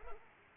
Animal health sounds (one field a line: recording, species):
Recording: mosquito wingbeat signal from an infrared sensor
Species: Culex pipiens